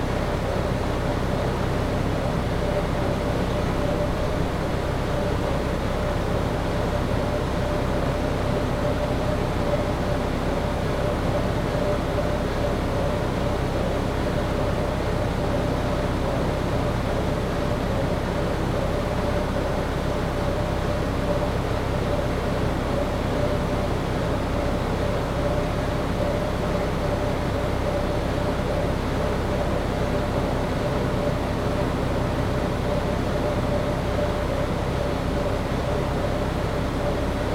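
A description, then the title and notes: A factory floor fills the space with a constant, dense machinery drone, heavy in the low end with a steady mid-pitched whine running through it. The level never shifts, with no distinct events, just an unbroken industrial rumble throughout. A Day at the Factory.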